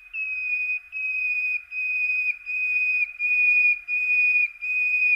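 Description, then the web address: Common nightingale song: a series of long, steady, pure whistled notes, each under a second, repeated with short pauses and even loudness. "Przyroda Ptaki Slowik rdzawy"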